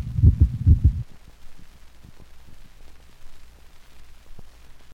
This occurs normally in the larger breeds of dogs. Note the low frequency split first heart sound of a normal large dog.